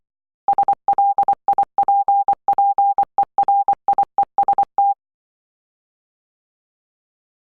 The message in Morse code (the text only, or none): SLIPPERIEST